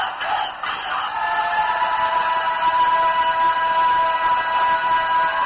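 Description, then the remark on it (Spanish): A dense, steady din of a large nationwide protest crowd banging pots and honking horns (cacerolazo), reacting to President Cristina Kirchner's speech on the farm protest, with sustained horn-like tones and clattering metallic noise running throughout at a constant, loud level. “Una fuerte reacción social, con cacerolazos y bocinazos en todo el país, sucedió al duro discurso de la presidenta Cristina Kirchner sobre la protesta del campo.”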